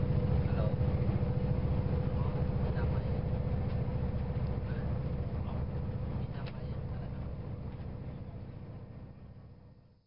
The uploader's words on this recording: The sounds from inside one of the cars of the train traveling from Bangkok to Chiang Mai, Thailand. Train to Chiang Mai.